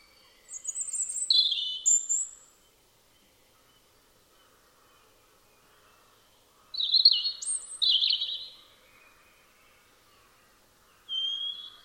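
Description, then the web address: European robin delivering high, liquid warbling phrases with thin whistled notes, three phrases spaced by pauses, over a faint low background hiss. "Deverinetal 2025 File origin Bird Only Er Ru"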